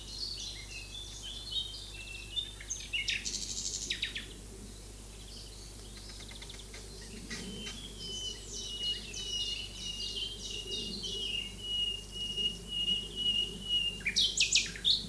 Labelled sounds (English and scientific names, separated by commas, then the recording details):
Common Nightingale (Luscinia megarhynchos) song
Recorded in the wild
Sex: male
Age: adult
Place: Lübars, Berlin, DE
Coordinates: 52.6167, 13.35
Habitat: wood
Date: 2004-05-02 12:34
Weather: overcast, 16°C
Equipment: Fair Mate ST-1328 (Asahi Electronics, Japan), Sennheiser ME 80, Kopie Uher 4000 Report Monitor
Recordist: Tembrock, Günter